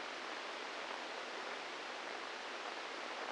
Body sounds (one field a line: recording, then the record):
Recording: brain microelectrode recording played as sound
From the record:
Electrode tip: inside the subthalamic nucleus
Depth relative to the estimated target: 1 mm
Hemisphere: right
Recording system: NeuroSet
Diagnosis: Parkinson's disease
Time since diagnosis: 8 years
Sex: male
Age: 46 years